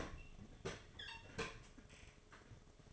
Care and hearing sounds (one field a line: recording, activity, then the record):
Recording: daily activity, microphone in the room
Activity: open fridge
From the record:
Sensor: 4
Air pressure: 1005.4 hPa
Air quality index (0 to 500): 176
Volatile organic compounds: 5 ppm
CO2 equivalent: 1733 ppm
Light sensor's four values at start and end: 5/12/4/4 and 5/10/4/3